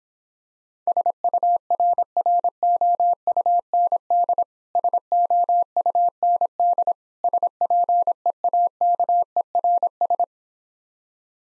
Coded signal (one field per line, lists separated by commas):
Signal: Morse code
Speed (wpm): 26 wpm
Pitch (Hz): 700 Hz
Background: none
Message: SURROUND SOUND SPEAKERS